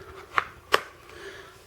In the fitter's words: and it does snap